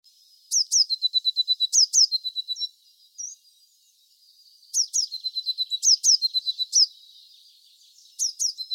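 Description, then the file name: Eurasian blue tit repeating phrases of piercing high notes that slide down into a quick, evenly spaced trill, with brief quiet gaps between bursts. "Cyanistes caeruleus"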